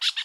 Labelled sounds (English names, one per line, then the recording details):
Brown-throated Parakeet contact call
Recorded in Curacao
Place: N of oil terminal (Bullenbaai)
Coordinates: 12.200, -69.020